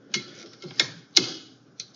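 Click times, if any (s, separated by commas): 1.2 s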